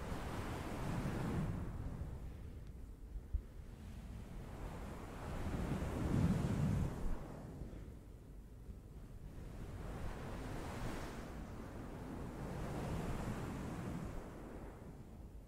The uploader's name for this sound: Pure Ocean Wave Towel Sounds